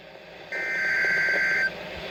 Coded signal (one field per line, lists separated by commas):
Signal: Emergency Alert System (SAME) tones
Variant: header bursts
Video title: Two Days Of Madness | EAS Alerts From 6/25-26/2021 (EAS #709-773)